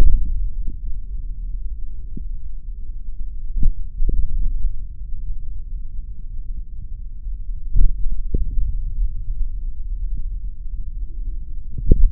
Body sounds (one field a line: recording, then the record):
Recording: forearm muscle sounds (acoustic myography)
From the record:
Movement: finger pinch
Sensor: system 3, bracelet of six PUI Audio POM-2738L microphones around the upper forearm, with dedicated amplification and filtering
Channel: 4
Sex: male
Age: 26 years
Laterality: right